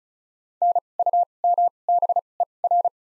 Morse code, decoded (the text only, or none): NUMBER